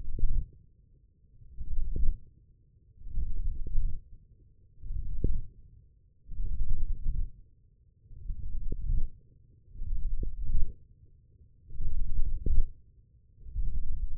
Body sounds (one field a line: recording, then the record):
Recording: forearm muscle sounds (acoustic myography)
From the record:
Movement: radial deviation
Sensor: system 1, eight BSWA MPA416 microphones around the upper forearm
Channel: 5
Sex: male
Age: 20 years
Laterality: left